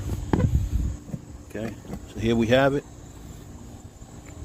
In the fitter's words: until it snaps in place